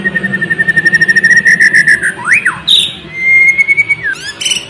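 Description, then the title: White-rumped shama song opening with a fast repeated whistled trill, then swooping slurred whistles and a long level whistle ending in a quick flourish. Loud, actively singing bird used as a lure to get another bird to respond. "PANCINGAN MURAI BATU GACOR, LANGSUNG RESPON"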